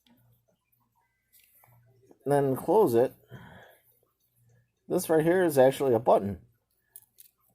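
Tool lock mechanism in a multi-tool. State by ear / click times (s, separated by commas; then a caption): seated / 7.0 s, 7.2 s. Someone talks while working the lock button on a multi-tool. Two short clicks sound at 7.0 and 7.2 seconds as the tools lock in place, and the lock engages.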